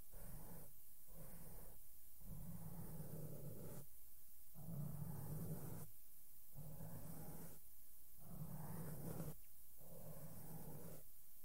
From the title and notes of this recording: ASMR SOFT SOUNDS WITH MAKEUP BRUSHES ON MIC AND MICROPHONE TOUCHING. NO TALKING.